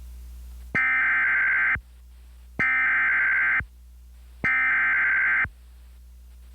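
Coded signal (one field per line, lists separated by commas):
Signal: Emergency Alert System (SAME) tones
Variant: header bursts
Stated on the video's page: Recreational mock EAS alerts.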